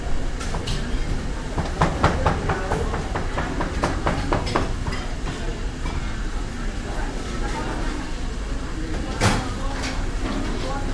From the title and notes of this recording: Urban Soundscapes : Kuala Lumpur (Malaysia) recorded by Yii Kah Hoe. 首先是吉隆坡市區華人街.